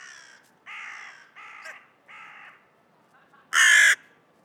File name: Corvus corone